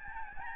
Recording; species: mosquito wingbeat signal from an infrared sensor; Aedes albopictus